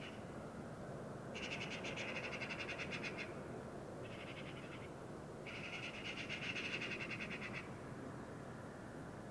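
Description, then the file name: Eurasian magpie rattling call, three dry chattering bursts, the first and last about two seconds long and a shorter one between, against a low rumbling backdrop. "Pica pica"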